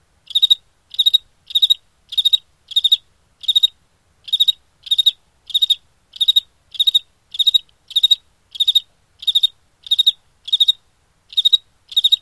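Cricket giving steady trilled chirps, three to four pulses each, repeated in a steady series against a silent background.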